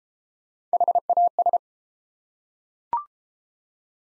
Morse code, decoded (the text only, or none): HAS